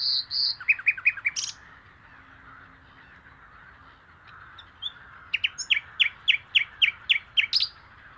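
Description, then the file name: Common nightingale song: repeated rich notes and a fast sequence of sharp chirps, silence for several seconds, then a rapid burst of loud sharp notes. "Luscinia megarhynchos"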